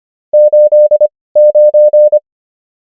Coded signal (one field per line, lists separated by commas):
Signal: Morse code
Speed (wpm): 25 wpm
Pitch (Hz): 600 Hz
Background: none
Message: 89